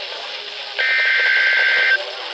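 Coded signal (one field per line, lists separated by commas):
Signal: Emergency Alert System (SAME) tones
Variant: header bursts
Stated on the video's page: Severe thunderstorm warnings from the National Weather Service, received on a Midland WR-100 and a Radioshack 12-382 weather radio.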